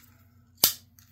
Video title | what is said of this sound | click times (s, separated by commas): Reviving 2 Classic Imperial Knives, A Kampking And Their Long-lost Cousin | the snap on this is just awesome | 0.6 s